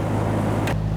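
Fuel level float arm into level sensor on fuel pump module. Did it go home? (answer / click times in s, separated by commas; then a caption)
no / none. The fuel level float arm is handled and pushed down onto the level sensor (sending unit) of a new fuel pump module for a 2011–2018 Volkswagen Jetta, where its plastic clip is meant to lock. A steady low hum runs throughout, with a brief broadband burst of noise around 0.7 s. Nothing has seated or clicked yet.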